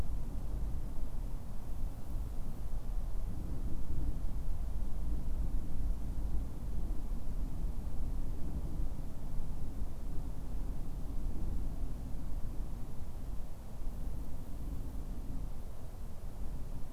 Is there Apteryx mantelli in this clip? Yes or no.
no